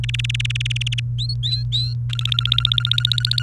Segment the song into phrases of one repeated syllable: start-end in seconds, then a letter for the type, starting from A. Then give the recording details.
0.03-1.00 A, 1.18-1.94 B, 2.09-3.43 C. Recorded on 29 April 2018 at 18:18. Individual llb3